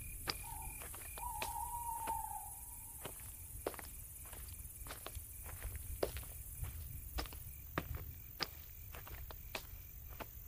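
Night ambience of a dark village: a constant high insect trill runs throughout over a low rumble. Sharp clicks and knocks pop up irregularly, roughly every half second to second, and a brief whistling tone slides downward near the start.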